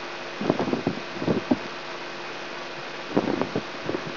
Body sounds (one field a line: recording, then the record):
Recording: brain microelectrode recording played as sound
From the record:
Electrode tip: inside the subthalamic nucleus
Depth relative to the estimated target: -2 mm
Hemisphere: right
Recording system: AlphaMap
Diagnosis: Parkinson's disease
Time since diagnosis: 16 years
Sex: male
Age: 67 years